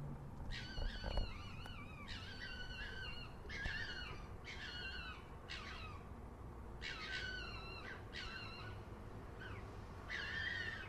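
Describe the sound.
Fox giving high, harmonic squealing calls in short bursts, each wavering and bending in pitch, repeated in an irregular series with brief gaps, over low background rumble.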